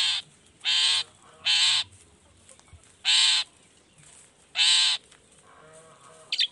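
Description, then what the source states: Long-tailed shrike harsh calls: broad, scratchy rasping bursts about half a second long, given every second or two over a steady noisy background. Morning singing; features 'toet toet' notes and voice variations, meant to stimulate emotion so that reluctant shrikes start singing along.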